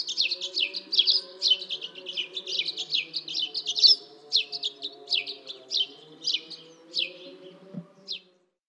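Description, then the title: Dead Sea sparrow song: a rapid run of high, sharp chirps that slows into spaced single notes near the end, over a faint low hum. "Dead Sea Sparrow (Passer moabiticus)"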